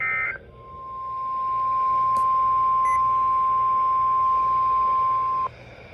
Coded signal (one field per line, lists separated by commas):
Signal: Emergency Alert System (SAME) tones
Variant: 1050 Hz attention tone